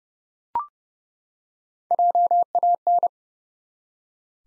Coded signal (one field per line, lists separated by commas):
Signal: Morse code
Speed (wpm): 30 wpm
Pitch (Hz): 700 Hz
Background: none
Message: JAN